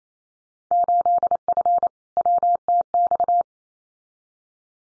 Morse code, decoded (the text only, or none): 8F WTX